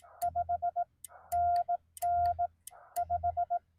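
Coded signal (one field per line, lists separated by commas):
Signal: Morse code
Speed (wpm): 17 wpm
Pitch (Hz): 700 Hz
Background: music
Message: 5NN 5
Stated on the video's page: CW Parks on the Air activation by a newbie, Yaesu FT-891 with a 17-foot telescoping whip.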